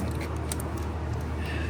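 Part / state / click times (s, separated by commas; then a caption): metal coolant pipe into engine coolant outlet fitting / seated / 0.5 s. On a 2018-2020 Jaguar XF Sportbrake S Wagon, an O-ring sealed metal coolant pipe greased with dielectric grease is pushed down into the engine coolant outlet fitting over a steady low rumble. A sharp click at 0.5 s, followed by a smaller one at 0.6 s, marks the pipe locking and seating in the fitting.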